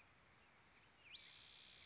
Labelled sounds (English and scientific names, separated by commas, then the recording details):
Bewick's Wren (Thryomanes bewickii)
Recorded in Sonoma County, California